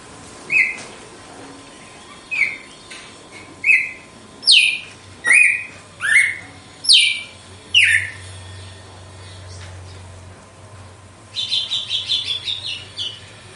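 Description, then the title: Red-cowled cardinal song: clear whistled notes alternating between steady and downslurred, roughly one per second, ending in a quick high buzzy trill. Female; song described as pure, strong, clean and measured açoite style. "Canto Galo Campina Fêmea 02. GALO DE CAMPINA, AÇOITE PURO, FORTE, LIMPO E COMPASSADO"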